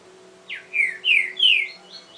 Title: Canto Coleiro